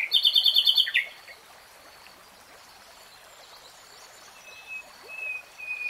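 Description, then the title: Nightingale bursting into a quick rattling run of notes for about a second, followed by faint thin whistles over steady background hiss. Three-hour real-time recording. "[Tiếng chim hót] 3 Hours REALTIME Nightingale Singing"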